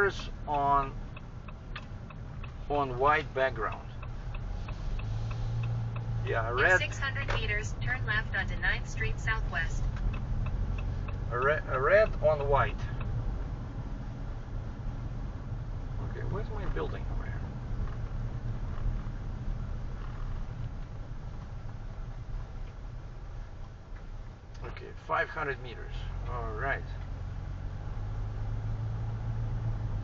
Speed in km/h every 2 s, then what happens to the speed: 21, 15, 11, 18, 23, 26, 30, 29, 27, 24, 20, 11, 11, 14, 20.
0-4 slows to 11. 4-13 speeds up to 30. 13-21 slows to 11. 25-30 speeds up to 20.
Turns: 2-5.